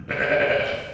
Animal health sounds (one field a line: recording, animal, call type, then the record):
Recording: contact call of a hoofed animal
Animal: sheep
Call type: low-frequency (closed-mouth) or high-frequency (open-mouth) call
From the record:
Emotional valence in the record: negative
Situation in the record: short social isolation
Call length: 0.94 s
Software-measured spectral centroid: 1780 Hz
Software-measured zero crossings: 2390 a second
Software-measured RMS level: -23 dBFS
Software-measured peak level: -8 dBFS